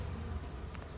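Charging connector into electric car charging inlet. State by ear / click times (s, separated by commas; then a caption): seated / 0.7 s, 0.8 s. An EV charging connector, pushed in with a small push after the inlet cover is removed, locks into the electric car's charging inlet. Two sharp clicks are heard at 0.8 s, over a steady low-frequency background hum. The plug is seated and locked.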